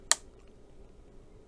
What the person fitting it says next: I don't know if you'll be able to hear that little click.